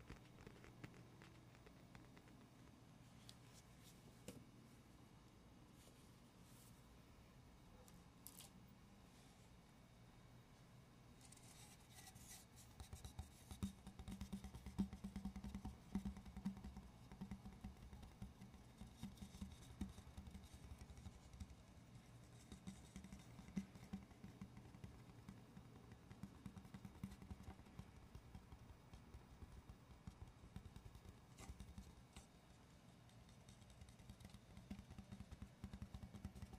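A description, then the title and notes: Gentle tapping and scratching over a steady low rumble that fills the whole clip. Soft, quick taps and brushing scrapes come irregularly, sparse early on and busier from about eleven seconds, with a few sharper, brighter scratches around twelve and thirty-one seconds. ASMR medium gentle tapping and scratching.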